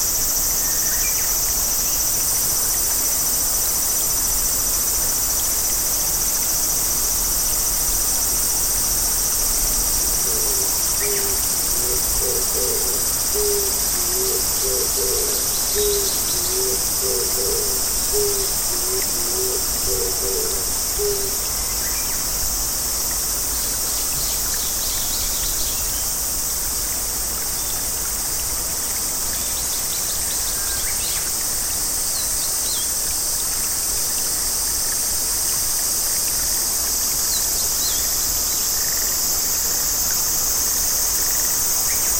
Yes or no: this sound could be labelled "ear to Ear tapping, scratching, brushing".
no